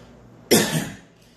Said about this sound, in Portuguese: Por isso que ele tosse.